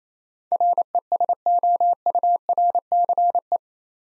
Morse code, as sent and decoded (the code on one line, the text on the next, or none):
.-. . ... --- ..- .-. -.-. .
RESOURCE